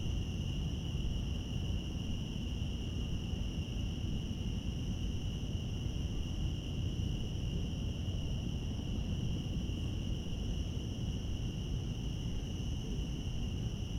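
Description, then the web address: Cicadas keep up an even, sustained high buzz for the whole stretch, set against steady low background rumble. Cicadas in Central Park. "lynne-publishing Central Park cicadas"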